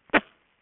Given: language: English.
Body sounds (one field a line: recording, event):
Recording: throat vibration sensor signal played as sound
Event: cough